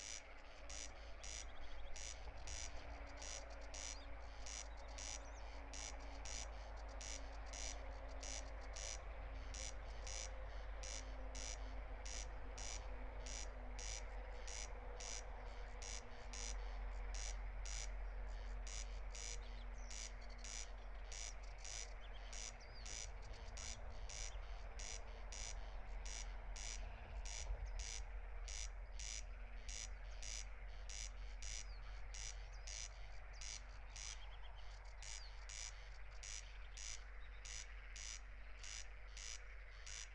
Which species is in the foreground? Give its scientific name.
Crex crex